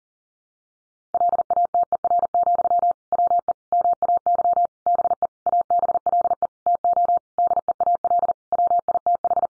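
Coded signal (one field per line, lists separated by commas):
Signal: Morse code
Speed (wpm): 40 wpm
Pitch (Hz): 700 Hz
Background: none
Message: LATER, WE MAY BE ABLE TO DEAL WITH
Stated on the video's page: Morse sent at 40 wpm, sentences built from the top 800 words for head-copy practice.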